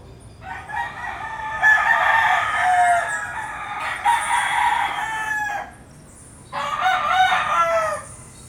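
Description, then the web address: Chicken: rooster crowing: a long crow lasting several seconds, a short pause, then a shorter crow, over low background noise. Several roosters recorded at dawn in Puerto Rico. "puerto rico coqs aube PRico"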